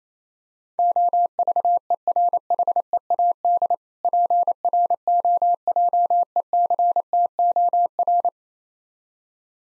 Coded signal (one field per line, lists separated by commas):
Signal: Morse code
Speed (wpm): 28 wpm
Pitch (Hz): 700 Hz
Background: none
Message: OVERHEAD PROJECTOR